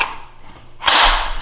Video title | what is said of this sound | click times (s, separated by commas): SCTG retention video 2 | get a nice solid click obviously it's not going anywhere | 0.9 s